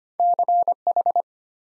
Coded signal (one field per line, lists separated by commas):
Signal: Morse code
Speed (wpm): 25 wpm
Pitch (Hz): 700 Hz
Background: none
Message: CH